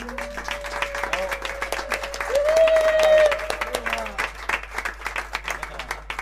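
audience applause

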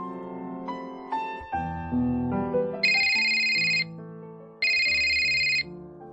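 telephone ringing

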